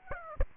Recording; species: mosquito wingbeat signal from an infrared sensor; Aedes aegypti